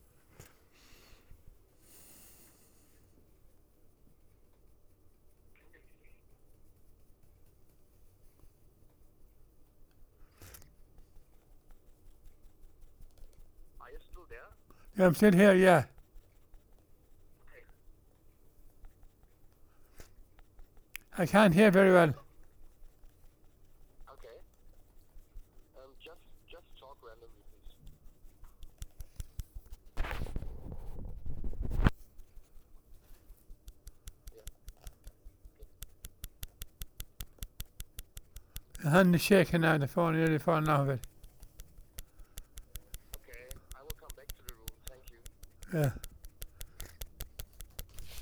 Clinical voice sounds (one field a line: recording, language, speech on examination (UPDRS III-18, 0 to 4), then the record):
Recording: conversation on a phone call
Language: English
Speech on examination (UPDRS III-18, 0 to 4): 1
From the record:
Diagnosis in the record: Parkinson's disease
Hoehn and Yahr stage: 3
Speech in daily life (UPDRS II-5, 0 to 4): 1